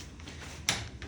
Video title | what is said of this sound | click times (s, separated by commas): November 11, 2024 | okay just pull the knob out locks into place | 0.7 s